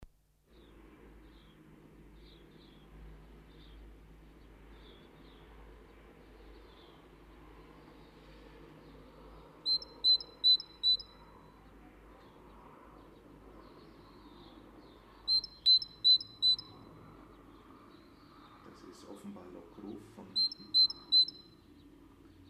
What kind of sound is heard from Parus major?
call